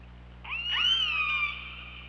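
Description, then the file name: Orca call: a buzzy onset leading into a strong harmonic tone that rises, holds and slowly drifts down, with a steady low hum underneath. Recorded on an OrcaLab hydrophone on 24 August 2017, around 23:36. "Orca Lab UTLN JASON 20170824 233652"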